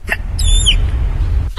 UK social media manager. She has a peculiar bout of the hiccups every single day. It just sounds like being at Cook Park when all the bats start up.